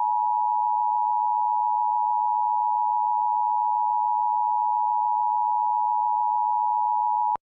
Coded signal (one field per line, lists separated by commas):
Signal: Emergency Alert System (SAME) tones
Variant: 853 and 960 Hz attention tone